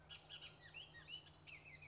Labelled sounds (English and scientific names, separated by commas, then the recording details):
Bullock's Oriole (Icterus bullockii)
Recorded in Sonoma County, California